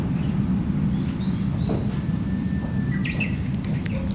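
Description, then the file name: Japanese bush warbler song, faint: a long steady whistled note, then a short quick phrase, over a constant low rumble. "uguisu"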